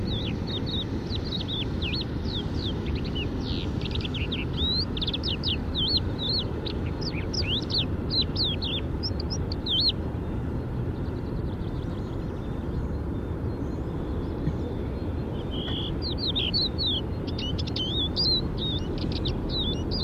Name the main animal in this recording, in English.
Crested Lark